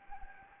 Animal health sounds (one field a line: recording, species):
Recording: mosquito wingbeat signal from an infrared sensor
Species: Anopheles gambiae